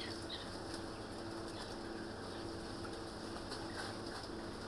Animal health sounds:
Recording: poultry house recording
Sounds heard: healthy chickens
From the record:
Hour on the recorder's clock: 19

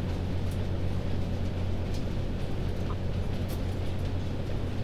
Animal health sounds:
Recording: poultry house recording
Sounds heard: healthy chickens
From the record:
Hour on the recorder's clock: 22

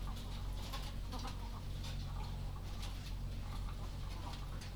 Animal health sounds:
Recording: poultry house recording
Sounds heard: sick chickens (respiratory disease)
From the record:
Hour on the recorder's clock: 0

